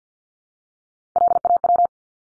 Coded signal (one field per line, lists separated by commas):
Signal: Morse code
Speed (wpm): 48 wpm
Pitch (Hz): 700 Hz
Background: none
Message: LAW